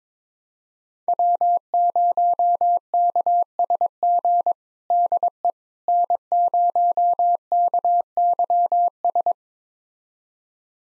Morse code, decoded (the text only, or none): W0KSG DE N0KYS